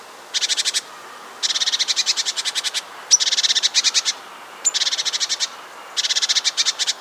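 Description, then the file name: Great tit scolding with dry, rasping rattles in five bursts separated by short pauses, plus two brief thin high chirps mixed in. "Parus major"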